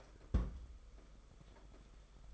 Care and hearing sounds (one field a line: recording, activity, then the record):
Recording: daily activity, microphone in the room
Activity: place on stove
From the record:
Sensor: 5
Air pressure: 991.3 hPa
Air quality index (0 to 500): 91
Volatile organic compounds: 11 ppm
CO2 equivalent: 2290 ppm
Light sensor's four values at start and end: 33/104/40/43 and 33/106/40/43